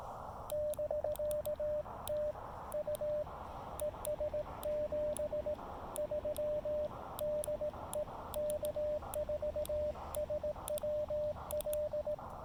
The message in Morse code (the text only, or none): <BK> TU ES 73 DE K4SWL